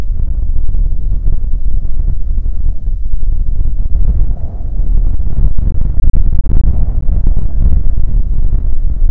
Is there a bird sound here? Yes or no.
no